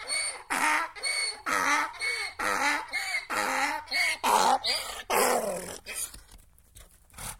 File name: Donkey braying long